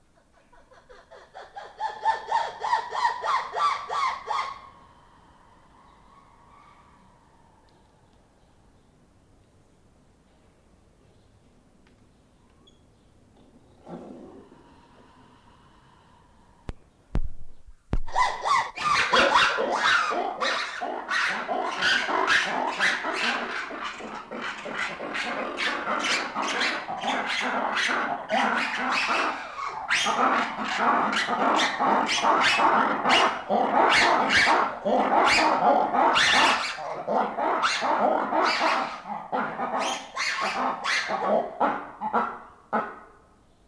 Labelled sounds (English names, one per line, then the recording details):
Black-and-white Ruffed Lemur
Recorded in captivity
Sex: pair
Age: adult
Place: Zoo Berlin, Berlin, DE
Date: 1995-08-05 19:55
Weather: heiter, 25°C
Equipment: Nagra SN, Sennheiser ME 80, Kopie Uher 4000 Report Monitor
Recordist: Tembrock, Günter